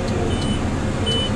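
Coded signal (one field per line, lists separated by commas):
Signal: beep code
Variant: square baler cab monitor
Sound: two short high beeps about three-quarters of a second apart over tractor engine drone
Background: tractor engine rumble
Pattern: 2 short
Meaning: A double beep means a bale in the chamber was just tied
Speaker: so that double beep that was a tie so one of the bales in the chamber just got tied so two beeps means tie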